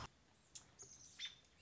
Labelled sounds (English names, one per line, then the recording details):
American Robin
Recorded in Sonoma County, California